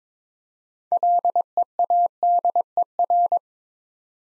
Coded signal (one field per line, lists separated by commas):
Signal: Morse code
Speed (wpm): 21 wpm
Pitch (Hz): 700 Hz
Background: none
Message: LEADER